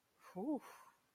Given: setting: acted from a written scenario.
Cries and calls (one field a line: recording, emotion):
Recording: vocal sound without words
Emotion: negative surprise